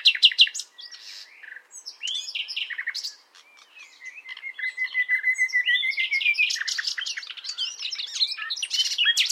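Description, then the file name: Common nightingale song: sharp opening notes, a brief pause, then a drawn-out rising whistled series building into varied rapid chirps. "Luscinia megarhynchos"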